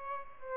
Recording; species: mosquito wingbeat signal from an infrared sensor; Aedes albopictus